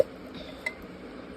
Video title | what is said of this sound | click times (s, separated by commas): Glassware jar Rs.120 @Aadheeras_Jolarpet #returngifts#navarathiri#trendygifts#housewarming#puberty | வந்து நல்லா டைட்டா வந்து லாக் ஆகும். Air tight container. | 0.7 s